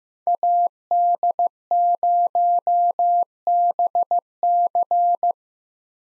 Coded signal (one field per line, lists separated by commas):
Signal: Morse code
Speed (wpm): 15 wpm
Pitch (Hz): 700 Hz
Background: none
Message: AD0BC